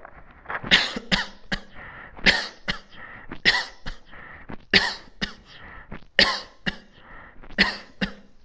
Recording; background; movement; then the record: voluntary coughing; quiet; sitting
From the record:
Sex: male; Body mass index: 22.0 kg/m2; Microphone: on the chest, facing the body